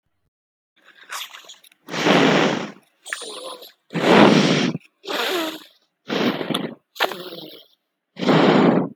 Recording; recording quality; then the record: shallow breathing; excellent, no background noise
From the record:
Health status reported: exposed to COVID-19, no respiratory illness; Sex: female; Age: 20 years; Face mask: not worn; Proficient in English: yes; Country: India